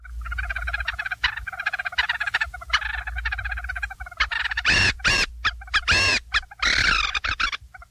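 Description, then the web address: White-tailed ptarmigan calls: a rapid run of clucking notes for about four seconds, then several harsh, drawn-out screechy cackles, over a steady low rumble. "Zoo Field Guide"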